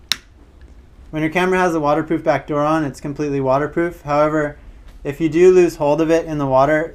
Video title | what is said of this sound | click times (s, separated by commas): GoPro HERO 3+ (Plus) Tutorial: How To Get Started | I just kind of wiggle it into place until it snaps | 0.1 s